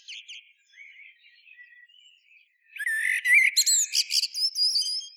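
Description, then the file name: Common blackbird: quiet low warbling for a few seconds, then a loud, varied phrase of whistles and high squeaky twitters. "Turdus merula"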